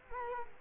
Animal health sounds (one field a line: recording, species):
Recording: mosquito wingbeat signal from an infrared sensor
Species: Culex quinquefasciatus